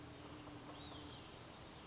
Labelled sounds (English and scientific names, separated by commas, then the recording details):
Olive-sided Flycatcher (Contopus cooperi)
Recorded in Sonoma County, California